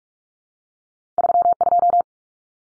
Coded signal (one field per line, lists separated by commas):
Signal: Morse code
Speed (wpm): 44 wpm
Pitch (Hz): 700 Hz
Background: none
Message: 32